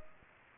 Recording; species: mosquito wingbeat signal from an infrared sensor; Culex pipiens